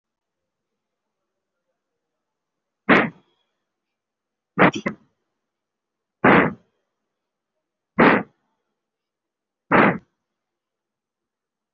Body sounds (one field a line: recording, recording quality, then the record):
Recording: deep breathing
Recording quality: excellent, no background noise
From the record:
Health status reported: respiratory illness, not identified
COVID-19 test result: negative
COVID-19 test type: RT-PCR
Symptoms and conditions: breathing difficulty, asthma, pneumonia, another respiratory illness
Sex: male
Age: 30 years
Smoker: no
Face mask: worn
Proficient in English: no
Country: India